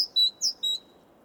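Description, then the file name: Great tit singing the end of one high-low phrase and then one full phrase, sharp whistled notes, followed by silence. "Parus major"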